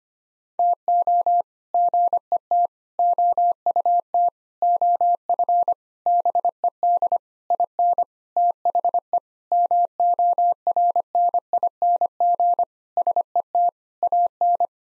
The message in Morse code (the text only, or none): TO GET OUT OF BED IN THE MORNING SET AN